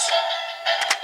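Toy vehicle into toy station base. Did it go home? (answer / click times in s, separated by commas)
no / none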